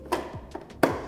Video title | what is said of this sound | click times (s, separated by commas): How To Use: Fellow Aiden Precision Coffee Maker | you'll hear a little click then once you've got your basket in place | 0.8 s